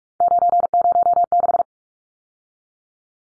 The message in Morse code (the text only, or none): 906